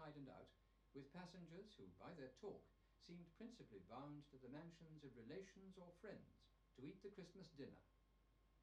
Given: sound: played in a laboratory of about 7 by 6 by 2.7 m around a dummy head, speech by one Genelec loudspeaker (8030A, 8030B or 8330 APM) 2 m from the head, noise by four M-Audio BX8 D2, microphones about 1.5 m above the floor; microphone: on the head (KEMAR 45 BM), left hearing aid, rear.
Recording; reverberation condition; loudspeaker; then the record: male speech in English; low; 120 degrees to the right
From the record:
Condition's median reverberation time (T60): about 310 ms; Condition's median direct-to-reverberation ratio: about 3.5 dB